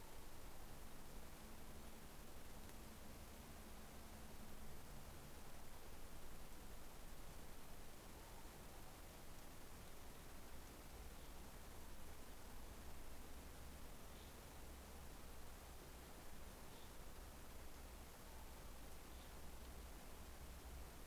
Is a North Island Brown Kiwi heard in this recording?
no